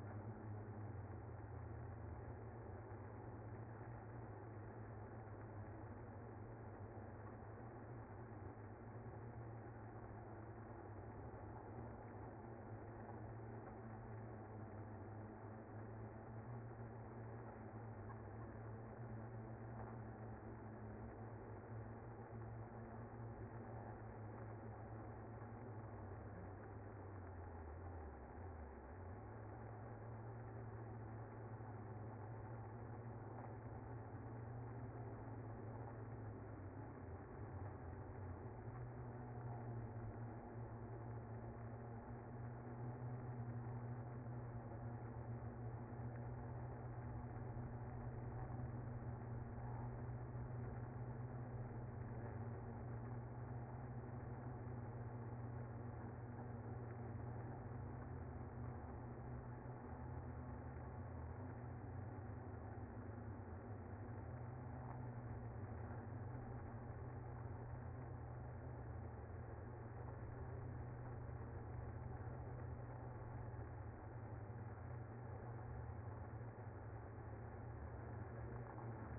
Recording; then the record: honeybee colony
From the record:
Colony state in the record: active